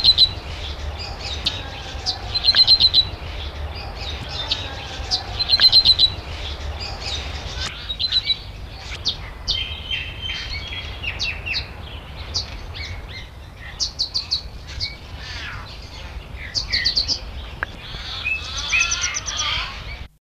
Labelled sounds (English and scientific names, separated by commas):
Yellow-mantled Widowbird (Euplectes macroura) call